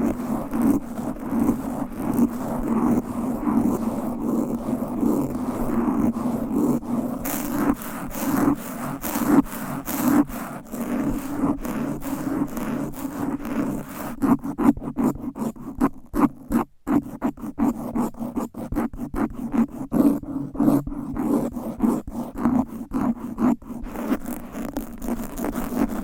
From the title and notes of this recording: ASMR Fast & Aggressive Mic Scratching with 10 DIFFERENT MICS Covers & Nails No Talking.